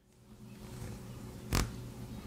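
An Arctic M2 Pro aftermarket heatsink cooler is clipped onto a Crucial T500 Pro NVMe M.2 SSD, holding the drive between its metal top and bottom plates. Over a low, steady background rumble, a single short, sharp click rings out at 1.6 s as the clip snaps home and the cooler is seated.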